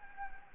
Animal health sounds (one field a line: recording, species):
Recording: mosquito wingbeat signal from an infrared sensor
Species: Anopheles gambiae